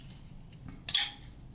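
A folding knife blade is flipped open in its titanium frame lock handle, ending in a sharp metallic snap as it locks at 0.9 s. A bright metallic ring follows and fades by about 1.2 s, and the blade is seated and locked open.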